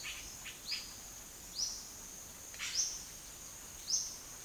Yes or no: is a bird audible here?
yes